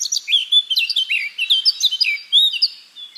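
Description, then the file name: Eurasian blackcap singing a fast, rich warble of varied, slurred whistled notes, high and continuous for about three seconds with no other sounds. "Sylvia atricapilla"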